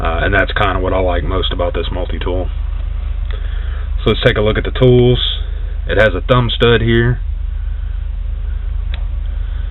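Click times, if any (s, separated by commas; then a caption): 8.9 s. A Gerber Suspension multi-tool's folding knife blade is opened with its thumb stud while someone talks. A sharp click at 8.9 s is the blade locking into place in the handle.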